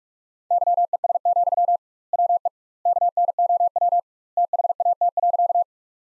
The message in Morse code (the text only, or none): YES, WE KNOW THAT.